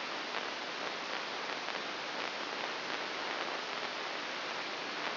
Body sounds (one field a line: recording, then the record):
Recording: brain microelectrode recording played as sound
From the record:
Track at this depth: inside the subthalamic nucleus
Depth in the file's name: 3.004 mm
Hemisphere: right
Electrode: 2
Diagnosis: Parkinson's disease